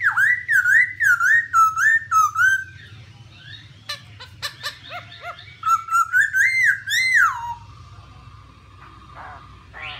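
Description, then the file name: Black-throated laughingthrush song of rolling whistled notes that dip and rise, a few sharp clicks, then another whistled run ending in a drawn-out note. "tieng khuou bac ma hot"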